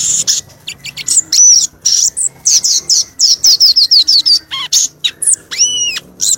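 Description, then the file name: Violaceous euphonia pouring out rapid, high, twittering phrases of chips and whistles, with clear arched whistled notes near the end; a faint low hum underneath. "canto do gaturamo verdadeiro"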